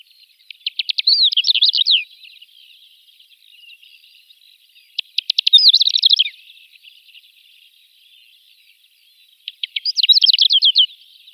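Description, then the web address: Greater short-toed lark singing brief chirruping phrases, each opening with rapid clicking notes and ending in a jumbled twitter, repeated three times roughly every four and a half seconds. "Schulze Peter Short-toed Lark song"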